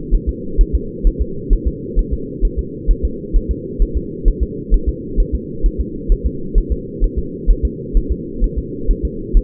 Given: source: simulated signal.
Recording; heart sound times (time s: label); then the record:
fetal heart sounds
0.15 s: S1
0.29 s: S2
0.61 s: S1
0.75 s: S2
1.07 s: S1
1.21 s: S2
1.53 s: S1
1.68 s: S2
1.99 s: S1
2.13 s: S2
2.45 s: S1
2.59 s: S2
2.91 s: S1
3.05 s: S2
3.36 s: S1
3.51 s: S2
3.82 s: S1
3.97 s: S2
4.28 s: S1
4.43 s: S2
4.74 s: S1
4.89 s: S2
5.20 s: S1
5.35 s: S2
5.66 s: S1
5.81 s: S2
6.12 s: S1
6.26 s: S2
6.58 s: S1
6.72 s: S2
7.04 s: S1
7.19 s: S2
7.51 s: S1
7.65 s: S2
7.97 s: S1
8.12 s: S2
8.44 s: S1
8.58 s: S2
8.91 s: S1
9.05 s: S2
9.37 s: S1
From the record:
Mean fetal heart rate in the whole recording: 130 bpm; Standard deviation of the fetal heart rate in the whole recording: 2 bpm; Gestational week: 38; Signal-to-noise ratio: -4.3 dB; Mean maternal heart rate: 72 bpm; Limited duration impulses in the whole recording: absent